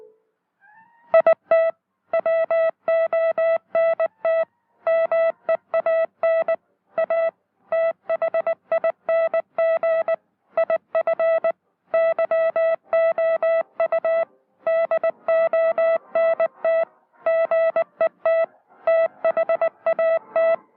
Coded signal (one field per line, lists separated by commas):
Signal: Morse code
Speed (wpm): 20 wpm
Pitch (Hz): 660 Hz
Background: music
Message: IT WONT MEAN A THING IF YOU DONT GET THAT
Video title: learn morse code.